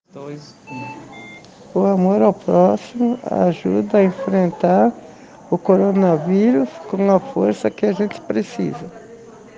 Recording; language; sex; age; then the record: spoken sentence; Brazilian Portuguese; female; 60 to 69 years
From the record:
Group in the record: respiratory insufficiency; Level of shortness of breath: 5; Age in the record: 61 years